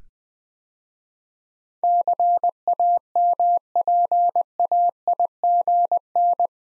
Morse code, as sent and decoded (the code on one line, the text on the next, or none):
-.-. .- -- .--. .- .. --. -.
CAMPAIGN